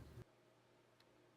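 A window switch wiring connector is being handled and plugged back into the window switch panel on the door of a 2002–2009 Dodge Ram truck while its trim is being replaced. A burst of low, rumbling handling noise fills the first 0.2 s, then a quiet steady hum continues with one faint, short tick near 1.0 s. Nothing has seated or clicked into place yet.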